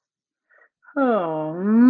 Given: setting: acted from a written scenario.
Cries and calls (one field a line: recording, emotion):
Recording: vocal sound without words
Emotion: contentment